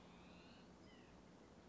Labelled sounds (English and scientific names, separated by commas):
White-breasted Nuthatch (Sitta carolinensis)